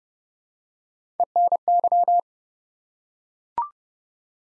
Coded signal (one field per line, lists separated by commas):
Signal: Morse code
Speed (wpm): 30 wpm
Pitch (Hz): 700 Hz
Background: none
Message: ENY